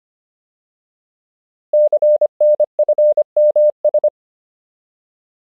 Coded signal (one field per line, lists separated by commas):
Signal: Morse code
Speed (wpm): 25 wpm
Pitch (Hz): 600 Hz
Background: none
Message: CNFMS